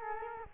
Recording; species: mosquito wingbeat signal from an infrared sensor; Culex quinquefasciatus